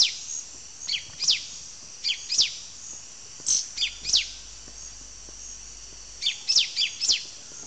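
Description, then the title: Yellow-green grosbeak song: short, high, sharply descending notes given in pairs and small clusters, with pauses between groups, over a faint steady insect hiss. Subspecies Caryothraustes canadensis canadensis. "LuckyPassaro Completos2Sama. Yellow-green Grosbeak (Caryothraustes canadensis canadensis)"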